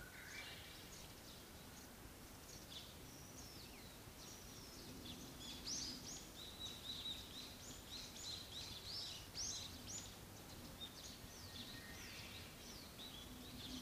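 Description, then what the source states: Evening cicada song, high rapidly pulsed ringing bursts through the middle over a steady background hiss. Recorded in the morning; song written as kanakana.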